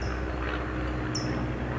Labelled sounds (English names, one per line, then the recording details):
California Towhee
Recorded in Sonoma County, California